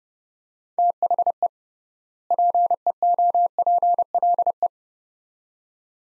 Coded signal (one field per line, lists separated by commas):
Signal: Morse code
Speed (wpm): 30 wpm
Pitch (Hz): 700 Hz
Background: none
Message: THE PEOPLE